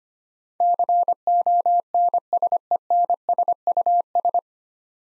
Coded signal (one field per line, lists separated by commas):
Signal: Morse code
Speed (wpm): 25 wpm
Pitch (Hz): 700 Hz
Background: none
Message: CONSENSUS